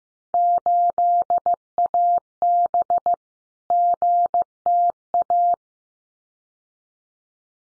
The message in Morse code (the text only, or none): 8AB GTA